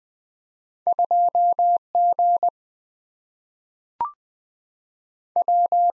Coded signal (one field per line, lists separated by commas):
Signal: Morse code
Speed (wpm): 20 wpm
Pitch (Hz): 700 Hz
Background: none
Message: 2 GW